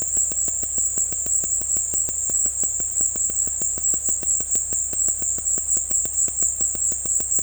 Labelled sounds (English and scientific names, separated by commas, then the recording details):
none
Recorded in dense forest near Puerto Asís, Putumayo, Colombia, on 20 February 2024 at 15:00
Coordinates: 0.487, -76.319
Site G6403